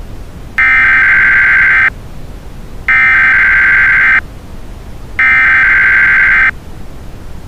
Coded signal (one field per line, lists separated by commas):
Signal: Emergency Alert System (SAME) tones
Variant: header bursts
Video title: We Are Number One but interrupted by the Emergency Alert System